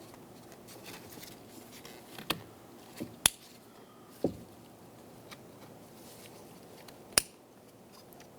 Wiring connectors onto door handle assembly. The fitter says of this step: push until you hear a click if you don't hear a click give it a pull make sure it's locked on